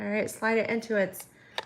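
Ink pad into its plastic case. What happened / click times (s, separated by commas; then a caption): Handled, not yet home: the pad is being fitted but has not snapped into its case / none. Someone talks while a plastic stamp ink pad is handled and slid into one end of its plastic case, with a brief sharp sound near 1.6 s. The pad has not been brought in at the other end, and nothing has seated or clicked yet.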